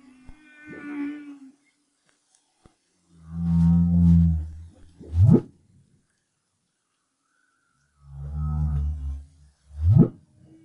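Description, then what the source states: Humpback whale song in a repeating phrase: a short moan, then a low pulsed groan followed by a steep rising whoop, the groan-and-whoop pair heard twice. 2011, BRAHSS project.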